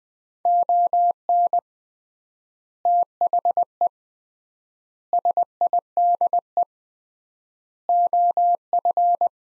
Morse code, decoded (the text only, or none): ON THE SIDE OF